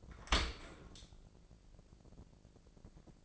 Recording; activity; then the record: daily activity, microphone in the room; open dishwasher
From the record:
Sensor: 5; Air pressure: 1012.4 hPa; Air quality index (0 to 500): 158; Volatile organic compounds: 2 ppm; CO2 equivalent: 1074 ppm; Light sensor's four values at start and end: 106/255/108/122 and 106/255/108/121